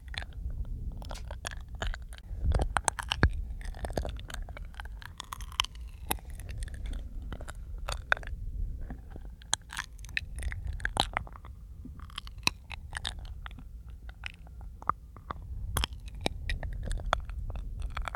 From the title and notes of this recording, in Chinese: 口腔音+呼吸，asmr。